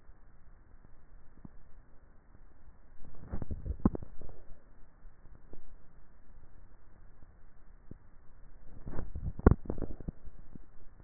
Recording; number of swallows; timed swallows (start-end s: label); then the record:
swallowing sounds by neck microphone; 2
3.28-4.15 s: swallow
8.92-9.72 s: swallow
From the record:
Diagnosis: dysphagia